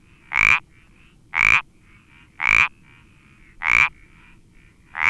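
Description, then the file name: Iberian parsley frog calling in a steady series of brief, rasping croaks, about one per second. "Sapillo Moteado Iberico Pelodytes Ibericus"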